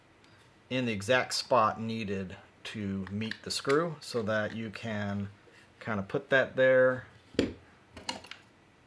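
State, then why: Seated. A Torx driver bit is placed in a 3D-printed plastic bit holster for a multitool and gently rotated until it snaps into place. Someone talks for most of the clip, then a few small clicks follow near the end, with the sharp snap of the bit seating at 8.1 s.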